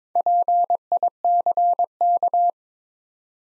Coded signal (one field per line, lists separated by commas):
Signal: Morse code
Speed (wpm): 23 wpm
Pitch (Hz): 700 Hz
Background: none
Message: PICK